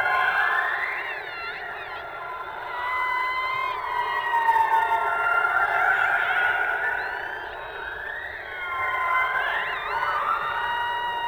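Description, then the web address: Orca calls underwater, many harmonic calls overlapping, with upswept and wavering tones rising and fading in repeated swells over steady background hiss. "subacuatica Orcas"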